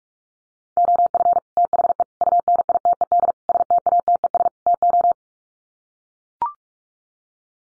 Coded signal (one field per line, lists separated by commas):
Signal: Morse code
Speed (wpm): 44 wpm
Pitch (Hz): 700 Hz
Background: none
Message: OF THE UNITED STATES TO